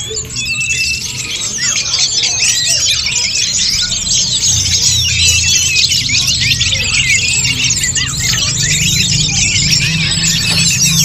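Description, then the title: Birds singing together in a dense chorus: continuous high twitters, chips and short trills, with a low rumble running underneath. "SuaraBurung Kicau"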